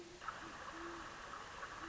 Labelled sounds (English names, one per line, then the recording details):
Great Horned Owl
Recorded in Sonoma County, California